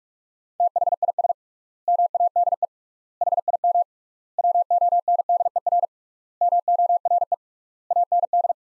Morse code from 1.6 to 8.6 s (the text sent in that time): MADE HIM WONDER MORE AND